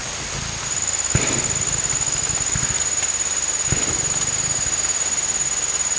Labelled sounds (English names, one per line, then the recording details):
none
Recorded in dense forest near Puerto Asís, Putumayo, Colombia, on 16 December 2024 at 02:30
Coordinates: 0.468, -76.322
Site G071